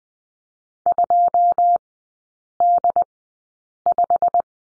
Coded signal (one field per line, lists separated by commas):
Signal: Morse code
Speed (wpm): 20 wpm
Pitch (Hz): 700 Hz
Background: none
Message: 2D5